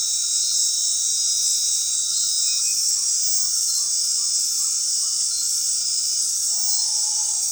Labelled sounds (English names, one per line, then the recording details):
Great Potoo
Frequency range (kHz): Great Potoo 0.2-1.2 kHz
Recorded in dense forest near Puerto Asís, Putumayo, Colombia, on 21 February 2024 at 21:00
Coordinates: 0.502, -76.326
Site G6460